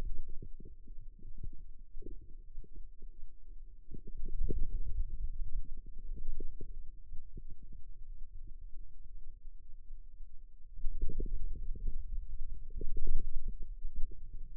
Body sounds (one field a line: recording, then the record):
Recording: forearm muscle sounds (acoustic myography)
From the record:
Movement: ulnar deviation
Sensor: system 2, bracelet of six BSWA MPA416 microphones around the upper forearm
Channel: 5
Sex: male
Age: 22 years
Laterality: right